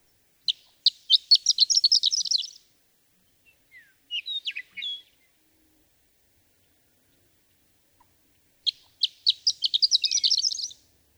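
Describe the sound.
Horned lark gives two high tinkling song phrases that quicken into twittering runs, with a short burst of softer chirps between them.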